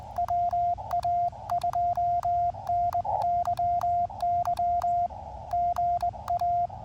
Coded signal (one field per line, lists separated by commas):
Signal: Morse code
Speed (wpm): 20 wpm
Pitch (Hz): 690 Hz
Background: radio noise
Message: WA2NYY GA